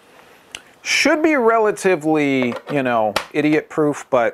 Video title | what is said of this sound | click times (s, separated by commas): Baratza Sette 30 Unboxing | turn it until it stops moving should click into place | 0.6 s